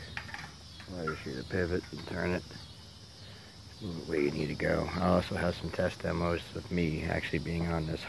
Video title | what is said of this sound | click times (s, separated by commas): DIY CUSTOM Gas Bike Custom Kart Trailers! (Mine and my mates) stay tuned!.. | can't have any turnage to it a quick release unlock | 0.2 s, 0.3 s